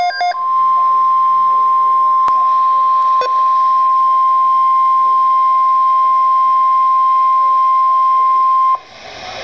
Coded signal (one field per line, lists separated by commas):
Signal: Emergency Alert System (SAME) tones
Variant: 1050 Hz attention tone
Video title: Severe Thunderstorm Watch (EAS #748)